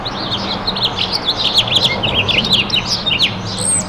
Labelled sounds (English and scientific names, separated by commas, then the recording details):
House Finch (Haemorhous mexicanus) song
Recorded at Freeport on Long Island, New York, on 28 May 2013
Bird C